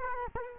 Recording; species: mosquito wingbeat signal from an infrared sensor; Culex quinquefasciatus